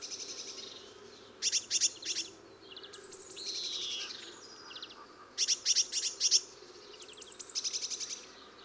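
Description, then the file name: Eurasian blue tit calls: clipped high notes and scolding churr phrases repeat several times, mixed with thin high whistles. "Cyanistes caeruleus"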